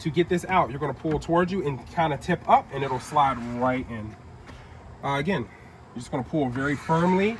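A retractable cargo cover housing is handled at its side mount in the rear cargo area of a Rivian R2 while a man talks almost throughout. Only speech and faint low background sound are heard, with no distinct click. Nothing has seated or snapped into place yet.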